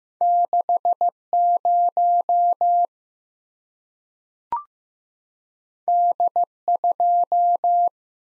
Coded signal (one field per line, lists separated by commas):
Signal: Morse code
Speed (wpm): 15 wpm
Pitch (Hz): 700 Hz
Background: none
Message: 6 0 D 2